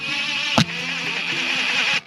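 A metal roof screw is driven back into its old hole in a stripped wooden purlin or decking to test whether it will hold, but the wood is already stripped out and the screw spins without biting. A broadband burst near 0.6 s stands out over steady music, and someone talks. The screw fails to hold, and nothing has seated or clicked.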